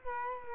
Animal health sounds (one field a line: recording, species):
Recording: mosquito wingbeat signal from an infrared sensor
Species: Culex quinquefasciatus